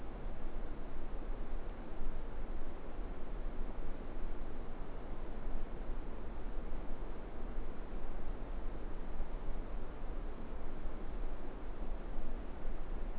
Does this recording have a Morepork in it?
no